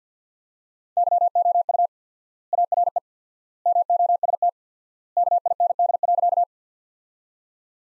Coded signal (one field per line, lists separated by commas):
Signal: Morse code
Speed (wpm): 50 wpm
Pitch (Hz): 700 Hz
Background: none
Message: YOU ARE MOST KIND.